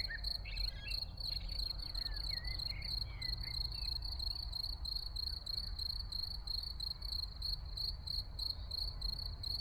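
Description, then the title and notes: Field cricket chirping in an unbroken, evenly pulsed high trill, with a blackbird's warbling phrases early on and a soft low background hum. Early summer scene in a small village, Ettenkirch near Lake Constance, recorded over 14 years ago with Edirol R1 and OKM I microphones; blackbirds, some cars in background. "Ettenkirch near lake Constance - Early summer scene in a small village. Frühsommerszene in einem kleinen Dorf in der Nähe des Bodensees: Feldgrille, Amseln, Kirchenglocken, Stimmen und einige Autos im Hintergrund"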